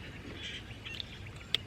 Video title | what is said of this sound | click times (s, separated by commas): HOW TO INSTALL LANDSCAPE LIGHTING - low voltage - SUPER EASY | This goes like this, pops right in. | 1.6 s